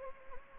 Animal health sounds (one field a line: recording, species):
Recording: mosquito wingbeat signal from an infrared sensor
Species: Anopheles gambiae